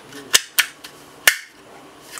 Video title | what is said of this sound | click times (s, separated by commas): Sig Sauer P365 Performance Spring Kit Installation - Galloway Precision | right heard it click we squeeze it on the back | 1.3 s